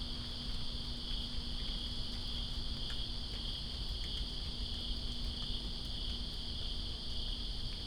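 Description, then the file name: Many crickets trill continuously in two high layers; rain patters lightly and a low hum and rumble carry on beneath. Crickets recorded in rain in Greensboro on 2 September 2017. "Greensboro Crickets And Rain-2017-09-02"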